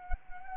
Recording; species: mosquito wingbeat signal from an infrared sensor; Anopheles arabiensis